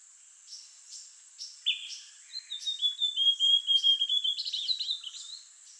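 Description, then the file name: Amazonian grosbeak song: a few soft notes, then a long high whistled phrase gliding slightly lower and ending in a jumble of quick twittering notes, over a steady high hiss. "Amazonian Grosbeak Cyanoloxia rothschildii"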